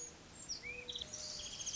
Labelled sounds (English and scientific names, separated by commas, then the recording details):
Mourning Dove (Zenaida macroura)
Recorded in Sonoma County, California